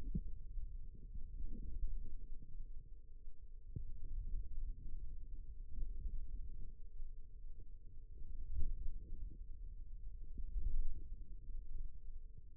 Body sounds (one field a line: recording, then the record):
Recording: forearm muscle sounds (acoustic myography)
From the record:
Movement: radial deviation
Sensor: system 2, bracelet of six BSWA MPA416 microphones around the upper forearm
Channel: 4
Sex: female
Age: 22 years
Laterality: right